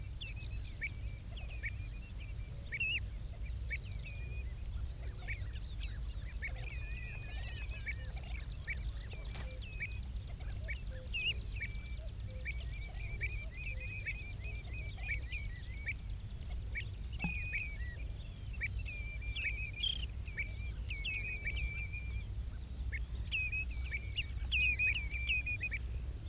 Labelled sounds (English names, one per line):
Common Ringed Plover call